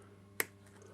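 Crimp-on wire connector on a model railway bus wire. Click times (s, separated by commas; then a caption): 0.4 s. A crimp-on wire connector is squeezed onto a DCC bus wire and dropper wire under an N gauge model railway layout. A single sharp, bright click at 0.4 s marks the connector snapping shut over a low steady hum, followed by a faint softer tick near 0.7 s. The connector is seated.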